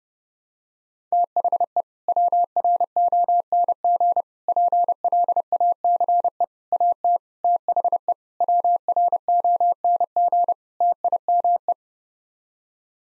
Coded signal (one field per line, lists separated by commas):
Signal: Morse code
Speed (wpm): 30 wpm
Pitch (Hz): 700 Hz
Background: none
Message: THE WRONG PLACE AT THE WRONG TIME